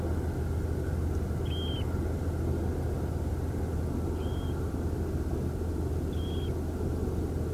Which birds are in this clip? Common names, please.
Dunlin